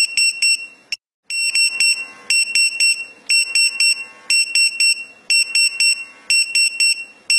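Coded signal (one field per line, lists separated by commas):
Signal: pager alert tone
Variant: French firefighter pager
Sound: shrill high electronic beeps in quick repeated bursts, like a pager alert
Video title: Bruitage Bip Pompier mp3 gratuite pour portable - SonnerieTelephone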